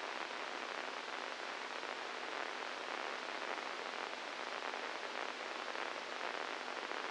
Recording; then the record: brain microelectrode recording played as sound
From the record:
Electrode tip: inside the subthalamic nucleus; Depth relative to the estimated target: 0 mm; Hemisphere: right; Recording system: NeuroSet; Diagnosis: Parkinson's disease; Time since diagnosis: 8 years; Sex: male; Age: 46 years